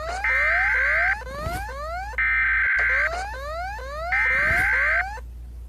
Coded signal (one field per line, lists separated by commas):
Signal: Emergency Alert System (SAME) tones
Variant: header bursts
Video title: Rating eas alerts again